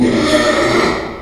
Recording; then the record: squeal of a Yucatan mini pig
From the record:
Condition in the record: after surgery on the right vocal fold (resection and tissue-engineered implant); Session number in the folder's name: 2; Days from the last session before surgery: 13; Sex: male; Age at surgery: 12 weeks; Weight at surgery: 13 kg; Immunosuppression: cyclosporine, prednisolone